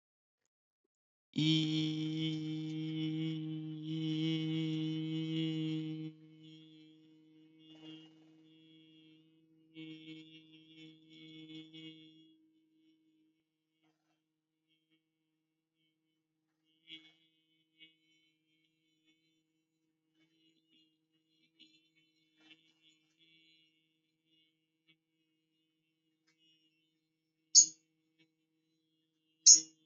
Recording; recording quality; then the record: sustained vowel as in beet; excellent, no background noise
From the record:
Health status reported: healthy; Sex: male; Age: 24 years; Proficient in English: yes